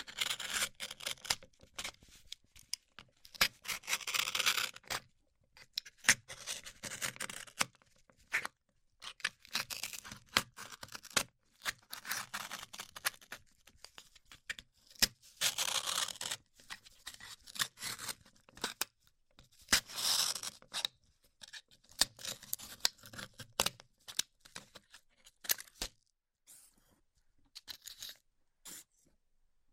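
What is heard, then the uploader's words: A band aid being ripped off, heard as bursts of dry, crackly tearing and rubbing that come in uneven clusters every few seconds. The tearing is bright and papery, with short gaps of near silence and a few sharp clicks between bursts. ASMR Ripping Off the Band Aid (No Talking).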